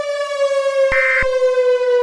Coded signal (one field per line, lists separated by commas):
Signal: Emergency Alert System (SAME) tones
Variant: end-of-message bursts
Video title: Fires from Heaven - REMASTERED (EAS Scenario)